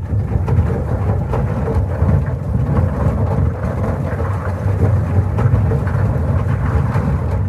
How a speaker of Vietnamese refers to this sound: Trong đám tinh thể quái dị này, có một bóng người màu đen to lớn chập chờn chuyển động ở sâu bên trong, phát ra những chuỗi tiếng nổ trầm đục như sấm.